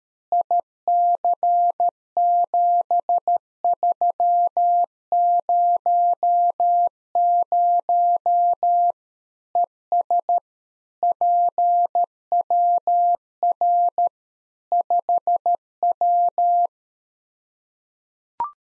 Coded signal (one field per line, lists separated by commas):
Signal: Morse code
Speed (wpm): 13 wpm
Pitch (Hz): 700 Hz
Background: none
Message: IC7300 ES PWR 5W